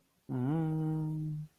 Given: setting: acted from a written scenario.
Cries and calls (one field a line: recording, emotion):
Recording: vocal sound without words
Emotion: romantic love